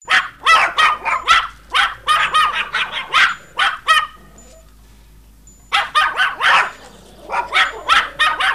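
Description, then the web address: Dog barking loudly in quick repeated barks, with a short pause midway before the barking resumes. "Hunde"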